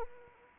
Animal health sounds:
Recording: mosquito wingbeat signal from an infrared sensor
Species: Anopheles arabiensis

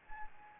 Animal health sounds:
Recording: mosquito wingbeat signal from an infrared sensor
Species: Anopheles gambiae

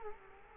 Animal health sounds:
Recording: mosquito wingbeat signal from an infrared sensor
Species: Culex quinquefasciatus

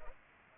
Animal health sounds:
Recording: mosquito wingbeat signal from an infrared sensor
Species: Culex pipiens

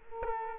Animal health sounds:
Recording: mosquito wingbeat signal from an infrared sensor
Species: Culex quinquefasciatus

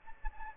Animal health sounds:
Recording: mosquito wingbeat signal from an infrared sensor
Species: Aedes aegypti

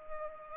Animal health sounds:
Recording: mosquito wingbeat signal from an infrared sensor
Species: Culex pipiens

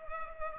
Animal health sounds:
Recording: mosquito wingbeat signal from an infrared sensor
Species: Culex pipiens

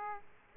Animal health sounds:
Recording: mosquito wingbeat signal from an infrared sensor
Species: Aedes aegypti

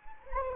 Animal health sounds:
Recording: mosquito wingbeat signal from an infrared sensor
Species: Anopheles arabiensis

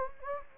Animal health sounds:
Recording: mosquito wingbeat signal from an infrared sensor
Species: Anopheles gambiae

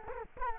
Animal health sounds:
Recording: mosquito wingbeat signal from an infrared sensor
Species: Culex quinquefasciatus

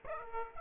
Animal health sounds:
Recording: mosquito wingbeat signal from an infrared sensor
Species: Aedes aegypti

